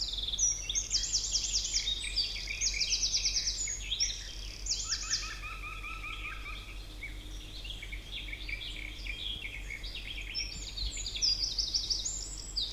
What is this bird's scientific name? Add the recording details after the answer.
Troglodytes troglodytes. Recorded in the wild. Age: adult. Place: Marburg, DE. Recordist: Brunner, Thomas. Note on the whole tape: Aufnahme: Marburg / Lahn, Hessen